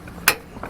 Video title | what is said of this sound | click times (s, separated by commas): etrailer - Set up: Roadmaster Nighthawk All-Terrain Tow Bar w/ LED Lights on a 2022 Chevrolet Spark | lock into place. You can then put these together. | 0.3 s